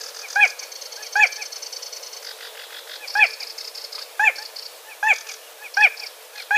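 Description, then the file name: Spotted crake with clipped, whistled whiplash notes repeated roughly once a second with one longer pause, while thin high trills sound in the background. "Voltolino"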